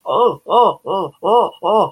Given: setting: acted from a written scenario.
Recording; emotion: vocal sound without words; pain